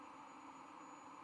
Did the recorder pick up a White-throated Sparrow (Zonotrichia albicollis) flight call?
no